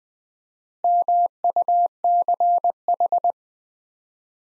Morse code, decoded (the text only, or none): MUCH